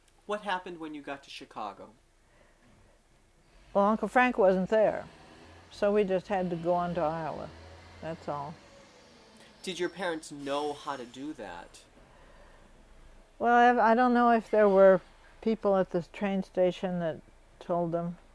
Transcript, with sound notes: What happened when you got to Chicago?
Well, Uncle Frank wasn't there so we just had to go on to Iowa. (a vehicle can be heard in the background)
Did your parents know how to do that?
Well, I don't know if there were people at this train station that told them